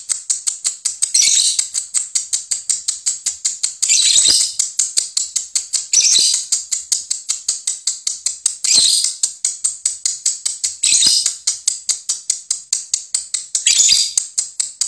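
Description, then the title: Lovebird giving rhythmic shrill clicking chatter, with louder harsh squawky bursts roughly every two to three seconds. Training (masteran) audio for lovebirds, meant to teach them the long continuous ngekek trill; lovebird called labet. "Kicau Lovebird Terapi Masteran LABET Agar Labet Cepet NGEKEK PANJANG"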